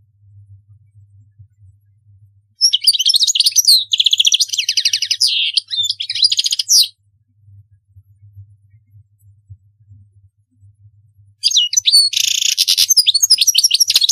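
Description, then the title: European goldfinch song in two long bursts of fast, buzzy, tinkling twitter, with a quiet stretch of low hum between them. "Chant Chardonneret"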